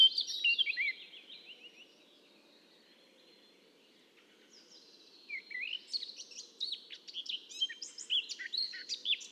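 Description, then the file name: Eurasian blackcap, a sweeping high chatter descending at the start, then after a pause a rapid run of varied high notes and twitters through the rest. "Sylvia atricapilla"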